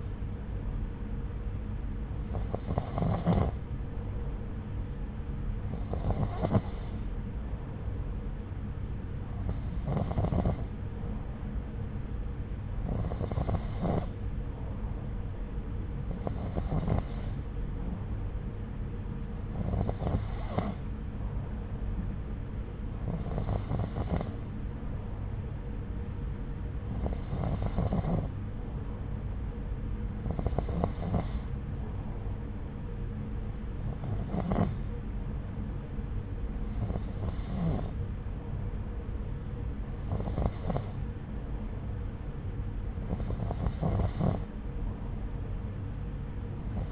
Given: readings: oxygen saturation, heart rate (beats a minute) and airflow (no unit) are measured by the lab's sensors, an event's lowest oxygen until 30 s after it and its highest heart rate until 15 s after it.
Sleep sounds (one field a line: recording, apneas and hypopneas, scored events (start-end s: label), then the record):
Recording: breathing in sleep by a smartphone at the bedside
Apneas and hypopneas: none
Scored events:
none scored
From the record:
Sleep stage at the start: N2 (light sleep)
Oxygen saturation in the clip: 90 to 92%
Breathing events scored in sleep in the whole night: 303 in 8.1 hours asleep